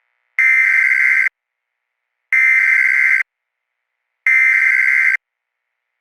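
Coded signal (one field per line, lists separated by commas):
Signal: Emergency Alert System (SAME) tones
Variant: header bursts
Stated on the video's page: Fictional EAS scenario made in CapCut, inspired by another WW3 EAS scenario.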